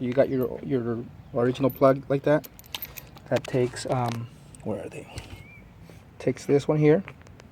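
Someone talks while handling the original reverse light bulb socket (plug) on its way into the tail light housing, with a few faint, brief ticks near the end. The socket has not snapped in; nothing has seated or clicked yet.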